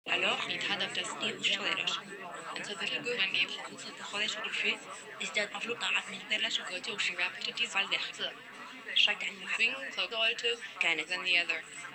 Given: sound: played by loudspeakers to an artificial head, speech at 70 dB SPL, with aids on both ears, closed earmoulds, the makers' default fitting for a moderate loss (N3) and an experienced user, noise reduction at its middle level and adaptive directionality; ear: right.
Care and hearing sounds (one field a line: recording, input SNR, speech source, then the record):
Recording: speech test signal (ISTS) in cocktail-party noise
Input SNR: -3 dB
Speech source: in front (0 degrees)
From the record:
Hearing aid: class 1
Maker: I